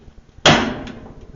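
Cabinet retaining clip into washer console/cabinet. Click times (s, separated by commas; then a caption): 0.5 s. A spring retaining clip that holds a washer cabinet to its console is hooked in behind and pushed in. It gives a loud, sharp metallic snap at 0.5 s that rings out and fades over the next second. The clip is seated.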